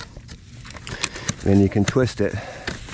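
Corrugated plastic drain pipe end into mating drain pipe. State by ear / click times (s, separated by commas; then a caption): not seated / none. The crimped end of a corrugated plastic drain pipe is squeezed tight and handled against the mating drain pipe, ready to be pushed in and twisted until the joint snaps together. Someone talks while short, sharp handling ticks sound at about 0.7, 0.8, 0.9, 1.0, 1.3, 2.7 and 2.9 s. Nothing has seated or clicked yet by the end of the clip.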